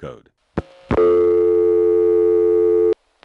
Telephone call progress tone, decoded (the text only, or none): dial tone